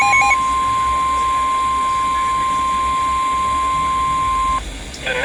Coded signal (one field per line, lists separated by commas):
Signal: Emergency Alert System (SAME) tones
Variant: 1050 Hz attention tone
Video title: Here we go Again! (EAS#380-382)